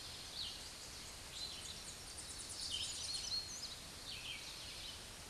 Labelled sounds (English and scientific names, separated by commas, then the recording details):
Red-eyed Vireo (Vireo olivaceus) song
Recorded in a Pennsylvania forest on 16 May 2024 at 07:18
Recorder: AudioMoth, point MSD-1892
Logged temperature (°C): 14.5 °C
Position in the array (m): 109 m, 76 m